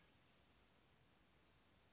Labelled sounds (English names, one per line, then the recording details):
California Towhee
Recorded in Sonoma County, California